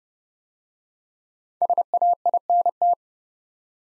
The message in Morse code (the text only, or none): SAINT